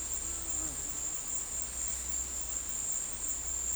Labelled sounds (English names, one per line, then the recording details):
none
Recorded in dense forest near Puerto Asís, Putumayo, Colombia, on 19 February 2024 at 13:30
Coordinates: 0.484, -76.317
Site G6464